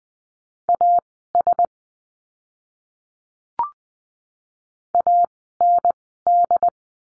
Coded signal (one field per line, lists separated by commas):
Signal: Morse code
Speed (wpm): 20 wpm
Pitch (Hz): 700 Hz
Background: none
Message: AS AND